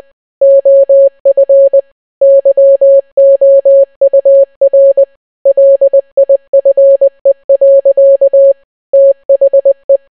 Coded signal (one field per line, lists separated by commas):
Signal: Morse code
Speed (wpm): 20 wpm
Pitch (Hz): 550 Hz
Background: none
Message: OF YOUR LIFE. THE